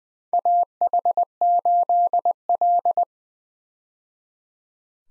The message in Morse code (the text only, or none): AH8L